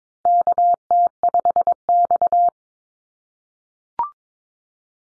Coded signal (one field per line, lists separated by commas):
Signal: Morse code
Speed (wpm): 22 wpm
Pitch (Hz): 700 Hz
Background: none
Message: KT5X